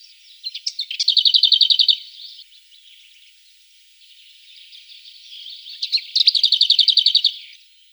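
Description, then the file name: Lesser whitethroat song: two phrases, each a short scratchy warble leading into a fast, dry rattle of evenly repeated notes on one pitch, with a pause between. "Slavka zavirushka"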